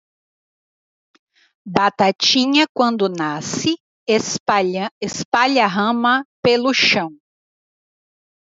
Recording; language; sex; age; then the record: short text; Brazilian Portuguese; female; 50 to 59 years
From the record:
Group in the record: control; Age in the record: 54 years